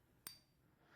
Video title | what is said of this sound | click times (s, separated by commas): Go Mag Tests | that click alone should tell you that the firing pin safety is in place so | 0.3 s